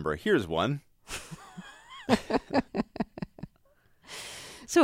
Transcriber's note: soundbite of laughter